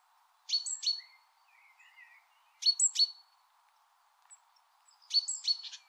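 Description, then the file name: Great tit gives three bursts of paired high chirping notes, with soft twittering between and a faint steady hum. "Parus major"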